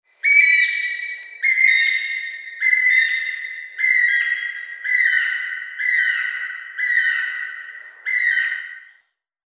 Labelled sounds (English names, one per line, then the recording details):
Guira Cuckoo
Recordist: Tembrock, Günter
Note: Lautfolgen